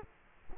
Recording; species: mosquito wingbeat signal from an infrared sensor; Culex quinquefasciatus